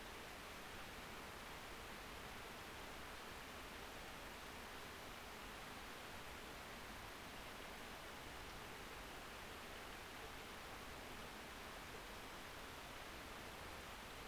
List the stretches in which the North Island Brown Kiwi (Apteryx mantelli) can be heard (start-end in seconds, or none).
none